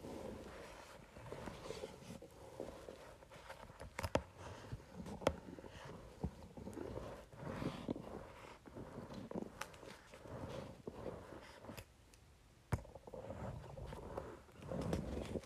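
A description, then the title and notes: A facial roller rolls over paper in a steady, continuous low rumble with a faint hum underneath. Small clicks and ticks break through irregularly, with sharper taps near 4, 5 and 13 seconds. The rolling thins briefly around 12 seconds, then picks up again. Facial Roller on Paper.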